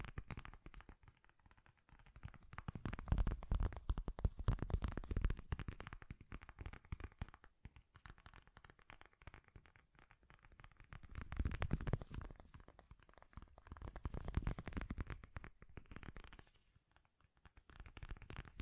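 Soft, bassy tapping in quick, dense bursts, the fingertip hits blurring into a low, thumping patter with a light scratchy edge on top. The taps swell and ease in waves, loudest around 3–6 and 11–15 seconds, with near-silent lulls between.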